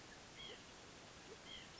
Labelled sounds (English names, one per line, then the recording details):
White-breasted Nuthatch
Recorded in Sonoma County, California